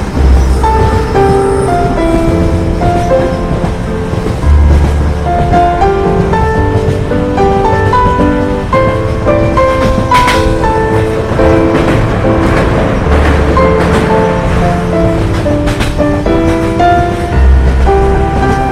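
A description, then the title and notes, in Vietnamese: A train chugs along with a dense, steady rushing roar that stays loud from start to finish, with a deep rumble underneath. Shifting tone-like notes step up and down throughout, almost like a tune, and occasional sharper clanks break through. Cùng lắng nghe những bản nhạc bất hủ, cùng tiếng tàu chạy xình xịch.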